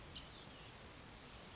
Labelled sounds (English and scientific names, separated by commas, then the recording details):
Chestnut-backed Chickadee (Poecile rufescens)
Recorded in Sonoma County, California